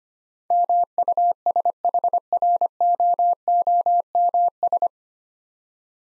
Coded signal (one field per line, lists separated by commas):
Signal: Morse code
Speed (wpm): 25 wpm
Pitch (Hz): 700 Hz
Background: none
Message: MUSHROOMS